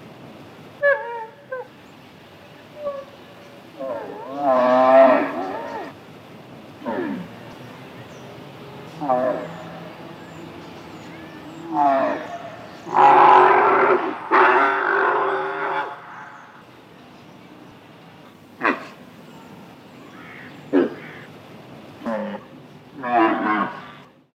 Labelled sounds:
Bactrian Camel (Camelus bactrianus)
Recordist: Tembrock, Günter
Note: Männchen: Begegnung, Abwehrlaute gegen anderen Bullen

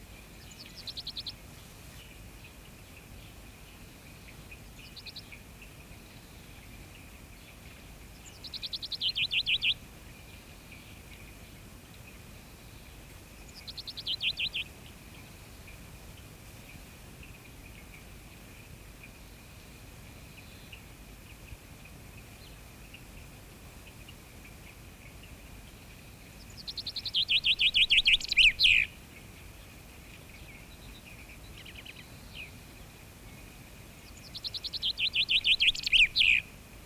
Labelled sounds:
Common Chaffinch (Fringilla coelebs) song
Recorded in the wild
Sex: male
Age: adult
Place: Goslar, OT Hahnenklee, Oberharz, Niedersachsen, DE
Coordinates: 51.8639, 10.3408
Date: 1965-04-11
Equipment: Uher 4000 Report-S, Bändchenmikro Beyer M 260, Parabolspiegel Polyester (470 mm)
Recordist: Conrads, Klaus

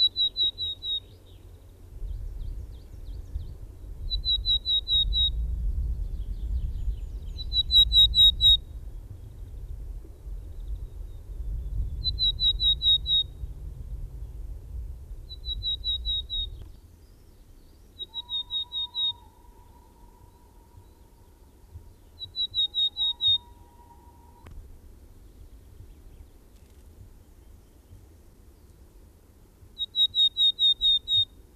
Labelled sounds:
Willow Tit (Poecile montanus) song
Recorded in the wild
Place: Ehrwald, Tirol, AT
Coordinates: 47.4, 10.9183
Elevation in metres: 980
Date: 1968-04-17
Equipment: 19 cm Halbspur
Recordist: Tretzel, Erwin

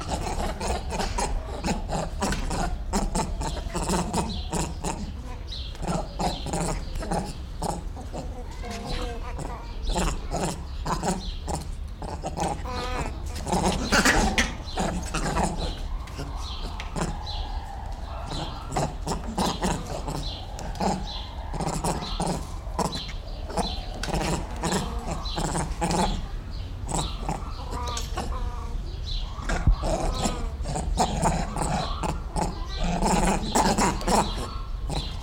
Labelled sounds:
Grivet (Chlorocebus aethiops)
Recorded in captivity
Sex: group
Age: diverse
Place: Zoo Berlin, Berlin, DE
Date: 1994-04-02 10:28
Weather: wolkig bis heiter, 8-10°C
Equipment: Marantz CP 430, Sennheiser ME 80, Kopie Uher Variocord 263
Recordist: Tembrock, Günter

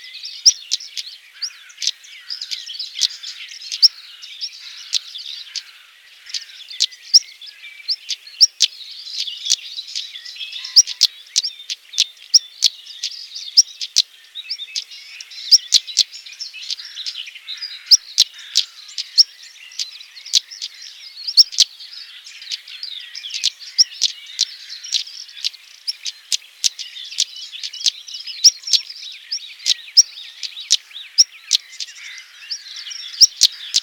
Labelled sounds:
European Stonechat (Saxicola rubicola) song
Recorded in the wild
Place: Waltershofen / Freiburg im Breisgau, Baden-Württemberg, DE
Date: 2009-05-17
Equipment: MiniDisc Sharp MT 20 H
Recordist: Schwarz, Dieter

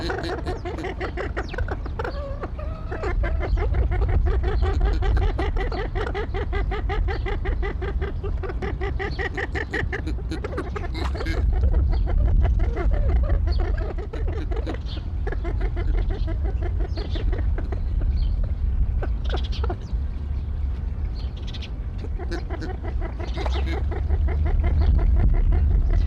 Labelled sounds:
Barrow's Goldeneye (Bucephala islandica)
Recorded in captivity
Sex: male
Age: adult
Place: Zoo Berlin, Berlin, DE
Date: 1995-03-14 12:27
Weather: bedeckt, -1°C
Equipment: Sony WM-D6C, Sennheiser ME 80, Kopie Uher Variocord 263
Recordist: Tembrock, Günter
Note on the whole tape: Männchen: Lautfolgen

